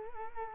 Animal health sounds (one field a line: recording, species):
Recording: mosquito wingbeat signal from an infrared sensor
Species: Culex quinquefasciatus